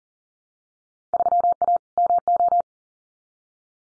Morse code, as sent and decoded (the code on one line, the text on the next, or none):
...-- .- / -- ---
3A MO